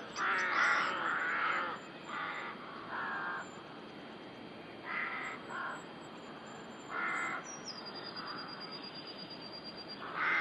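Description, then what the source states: Rooks giving scattered harsh caws, some in quick pairs, with quieter gaps between and a high thin whistle near the end. Rookery in the UK.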